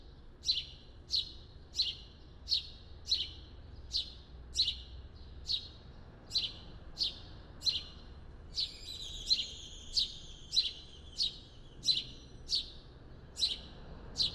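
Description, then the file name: House sparrow calling in a long, steady series of bright chirps. "Passer domesticus"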